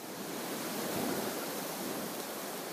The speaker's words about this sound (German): Der Wind peitscht.